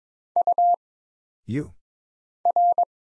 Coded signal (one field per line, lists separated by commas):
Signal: Morse code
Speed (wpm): 22 wpm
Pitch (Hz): 700 Hz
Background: none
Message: U R